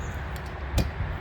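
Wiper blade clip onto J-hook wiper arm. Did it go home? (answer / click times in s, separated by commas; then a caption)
yes / 0.8 s. A new windshield wiper blade is hooked over the J-hook wiper arm of a Ford F150 and pulled up until its plastic clip locks. A short, sharp click sounds at 0.8 seconds over a low background rumble, and the blade is seated on the arm.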